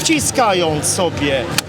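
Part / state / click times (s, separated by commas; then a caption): stroller component into stroller frame mounts / not seated / none. A stroller component, a seat or folding part, is being pressed by hand into the plastic frame mounts of a Junama stroller while someone talks throughout. Nothing has seated or clicked yet; the clip ends just before the part goes home.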